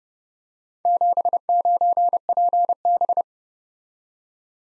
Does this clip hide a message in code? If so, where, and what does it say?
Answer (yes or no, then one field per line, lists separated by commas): yes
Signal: Morse code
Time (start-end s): 0.9-3.2 s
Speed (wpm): 29 wpm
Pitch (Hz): 700 Hz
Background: none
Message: 79PB